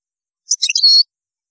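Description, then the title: European goldfinch song fragment: a brief burst of high tinkling notes ending in a short sustained buzzy note, under a second long. "Chant Chardonneret"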